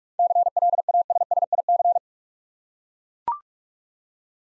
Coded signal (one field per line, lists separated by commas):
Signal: Morse code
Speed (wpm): 41 wpm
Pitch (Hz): 700 Hz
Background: none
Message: CLASSIC